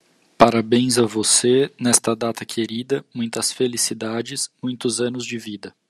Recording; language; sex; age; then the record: short text; Brazilian Portuguese; male; 30 to 39 years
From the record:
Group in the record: control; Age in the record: 35 years